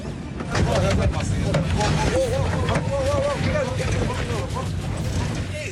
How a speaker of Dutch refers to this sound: Ongelooflijk. Moet je kijken hoe lang dat ding is. Dit is de langste trein ter wereld, zeggen ze. 3 kilometer aan wagons. Deze trein torst tonnen aan staal en gooit je op en neer als een tanker op een woeste oceaan.